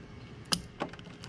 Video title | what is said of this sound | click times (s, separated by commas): [[ BLUETOOTH ]] YOUR 2016 HONDA F6B !! | that little click that click means it's connected in there well and it's latched in | 0.5 s